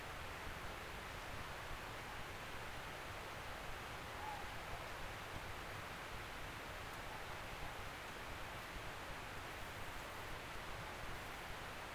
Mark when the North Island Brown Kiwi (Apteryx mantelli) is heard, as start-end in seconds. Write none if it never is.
none